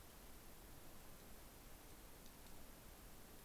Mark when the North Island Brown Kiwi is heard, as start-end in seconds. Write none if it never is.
none